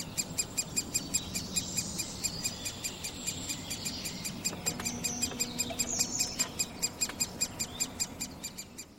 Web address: chant didier collin pic epeiche